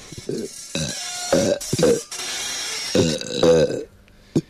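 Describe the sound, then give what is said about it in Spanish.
A series of loud, low, croaking burps in irregular bursts, some drawn out and rasping, set against a noisy, clattering musical backdrop with bright high-end hiss. “Y esta gente que está detrás tirándose eructos a nuestras espaldas, que preguntabas antes,”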